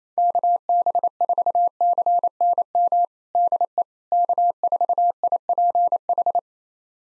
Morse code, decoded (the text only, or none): KB4CNM DE K4IPH